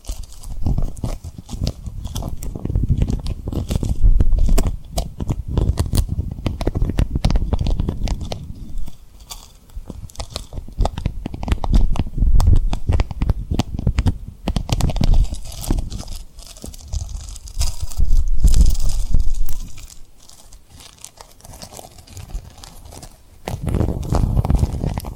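Tapping and rubbing on a rhinestone-covered object, with dense, crunchy scratching and quick clicks packed throughout. Louder low rubbing swells come in bursts, easing off briefly near 9 and 20 seconds, while sharp taps punctuate the steady gritty texture.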